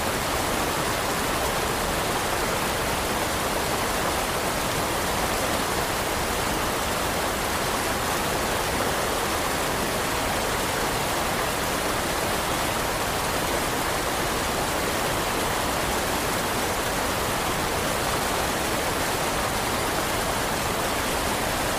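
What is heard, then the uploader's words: A winter river rushes past in a dense, unbroken wash of water sound that stays steady for the whole stretch. The flow is full, with a bright hiss on top and a soft churning rumble underneath, and no separate splashes or other sounds stand out. Winter River Relaxing Soundscape.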